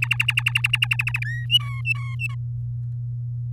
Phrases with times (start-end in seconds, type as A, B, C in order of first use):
0.02-1.19 A, 1.25-1.46 B, 1.50-2.35 C